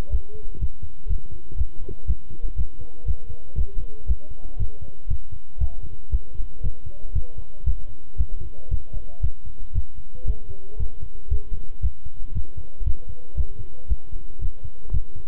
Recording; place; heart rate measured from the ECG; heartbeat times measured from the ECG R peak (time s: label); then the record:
heart sounds by stethoscope; between the tricuspid and mitral areas; 117 bpm
0.11 s: heartbeat
0.60 s: heartbeat
1.09 s: heartbeat
1.58 s: heartbeat
2.07 s: heartbeat
2.57 s: heartbeat
3.07 s: heartbeat
3.57 s: heartbeat
4.08 s: heartbeat
4.59 s: heartbeat
5.09 s: heartbeat
5.60 s: heartbeat
6.12 s: heartbeat
6.63 s: heartbeat
7.14 s: heartbeat
7.66 s: heartbeat
8.18 s: heartbeat
8.71 s: heartbeat
9.23 s: heartbeat
9.74 s: heartbeat
10.27 s: heartbeat
10.79 s: heartbeat
11.30 s: heartbeat
11.82 s: heartbeat
12.34 s: heartbeat
12.86 s: heartbeat
13.37 s: heartbeat
13.89 s: heartbeat
14.41 s: heartbeat
14.93 s: heartbeat
From the record:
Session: walking at 3.7 km/h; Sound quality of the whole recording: good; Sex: male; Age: 25 years